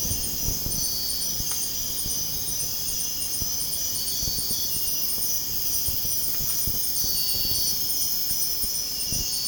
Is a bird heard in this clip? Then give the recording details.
no. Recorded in pastures near Puerto Asís, Putumayo, Colombia, on 22 June 2025 at 02:30. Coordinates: 0.496, -76.326. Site GP01